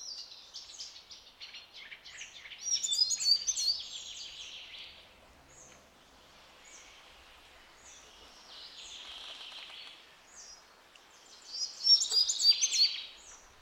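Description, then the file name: Semi-collared flycatcher singing: scattered high chirps and squeaky, trilled phrases, ending in a loud bright burst of rapid notes. "Balkanlugsnappare"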